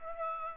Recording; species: mosquito wingbeat signal from an infrared sensor; Aedes aegypti